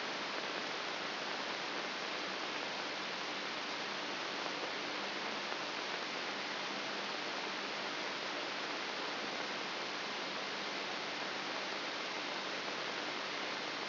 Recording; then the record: brain microelectrode recording played as sound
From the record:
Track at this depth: inside the subthalamic nucleus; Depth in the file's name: 2.704 mm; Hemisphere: left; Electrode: 3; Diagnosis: Parkinson's disease